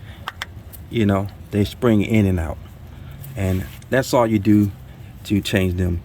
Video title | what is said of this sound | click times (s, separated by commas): 08 Hyundai Sonata rear brake pads. | and you hear it pop in when you push it and it popped in and just make sure | 0.3 s, 0.4 s